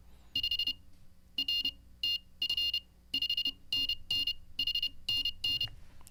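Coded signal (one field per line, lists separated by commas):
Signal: Morse code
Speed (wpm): 28 wpm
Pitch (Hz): 2850 Hz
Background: none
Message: 5 R TF 5NNHNN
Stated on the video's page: Morse code learned live.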